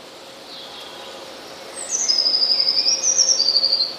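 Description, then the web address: Eurasian blue tit song: after a quiet start, a thin high note drops into a quick shimmering trill, followed by another high note and trill. "wroblowe teka spiew. modraszkoteka"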